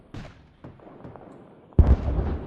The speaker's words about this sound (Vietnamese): Đi một đoạn khá xa, họ cảm thấy mặt đất rung chuyển, hàng loạt tiếng nổ phát ra, tiếng hét từ trong khu rừng vang vọng lọt vào tai.